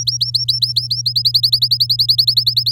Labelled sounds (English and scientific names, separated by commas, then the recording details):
Domestic Canary (Serinus canaria) song
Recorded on 8 May 2018 at 06:25
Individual llb16